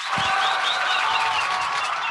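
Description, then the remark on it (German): A burst of applause sound effect from the Instant Applause app, dense and steady, like many hands clapping at once, with a bright hissy texture that holds at an even loudness for about two seconds. “Das ist die Instant Applause App. Die macht umso mehr Beifall, je öfter du draufklickst.”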